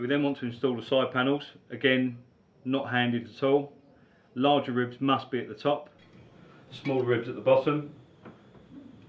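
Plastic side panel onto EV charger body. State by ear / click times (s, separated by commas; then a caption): not seated / none. A ribbed plastic side panel is handled for fitting onto the body of an Andersen A2 EV charger, with the larger ribs at the top and the small ribs at the bottom. Someone talks throughout, and a faint brief tick is heard near 8.3 s. Nothing has seated or clicked into place yet.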